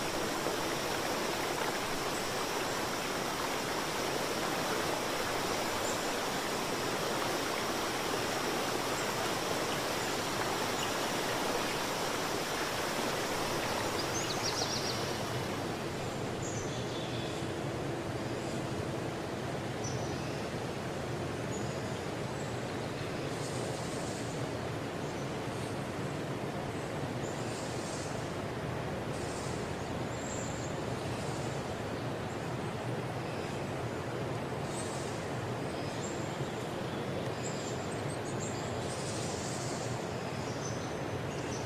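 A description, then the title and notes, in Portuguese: Nature sounds: a steady, dense rush like flowing water or a stream runs through the whole clip. For the first fifteen seconds a thin high hiss rides on top; after it stops, brief bright chirps, likely birds, pop up every few seconds. Sons da Natureza.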